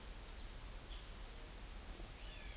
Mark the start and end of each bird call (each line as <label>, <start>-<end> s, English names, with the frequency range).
Pale-eyed Pygmy Tyrant (2.0-6.1 kHz), 2.17-2.57 s